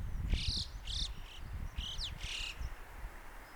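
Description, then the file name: Alpine chough contact calls: several shrill, high notes in quick succession, against low rumbling noise. "Alpendohle Stimmruf"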